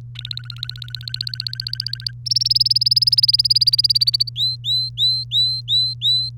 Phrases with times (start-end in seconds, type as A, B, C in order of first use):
0.15-2.11 A, 2.26-4.29 B, 4.36-6.29 C